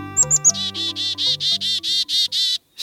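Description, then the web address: Chickadee calls: three short high notes, then a steady series of several buzzy, harsh notes. Fledgling chickadees. "BIRD NOTE. Chickadees"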